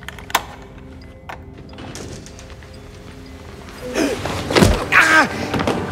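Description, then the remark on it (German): A door slams open with a sharp thud, then a louder, clattering burst of commotion follows a few seconds later, with rising and falling tones over a low rumble. “Treten Sie von der Tür zurück und machen Sie keine hastigen Bewegungen.”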